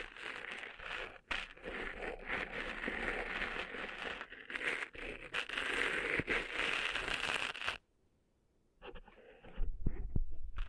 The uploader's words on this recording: ASMR Cleaning Sand Out of Your Ears (No Talking).